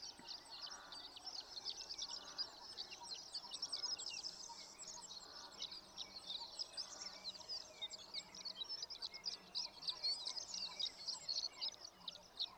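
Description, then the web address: Horned lark twittering steadily in a high, dense tinkling stream over a constant hiss and low background rumble. "birdsongforthecurious Horned Lark"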